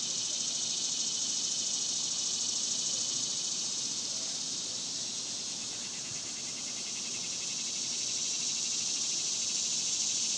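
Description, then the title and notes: Cicadas keep up a constant, dense high-pitched buzz with a fast pulsing shimmer. Several cicadas singing outdoors in a cemetery during the daytime in summer. "Ext, Daytime Cicadas, Cemetery, Summer by Bandeto"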